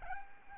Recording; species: mosquito wingbeat signal from an infrared sensor; Aedes albopictus